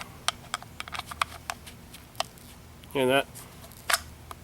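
A ferro rod is handled and pushed toward its slot on the sheath of a Bear Grylls Ultimate Survival Knife, producing a series of sharp, short clicks and taps, while someone talks briefly. Nothing has seated or clicked into place yet.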